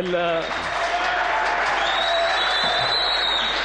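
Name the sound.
applause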